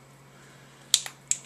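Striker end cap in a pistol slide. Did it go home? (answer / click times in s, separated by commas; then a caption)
released / 0.9 s, 1.3 s. The striker end cap in a pistol slide is released by pressing the small plunger with a 1/16 punch while a thumb is kept over the end. Sharp, bright snaps ring out at 0.9 s and 1.3 s, with a softer tick between them, as the end cap pops free.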